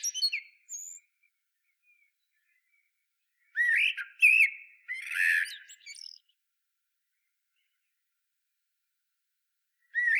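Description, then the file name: Common blackbird song, fluty whistled phrases topped with high squeaky flourishes, broken by quiet gaps of up to about four seconds. "Turdus merula"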